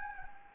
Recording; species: mosquito wingbeat signal from an infrared sensor; Anopheles gambiae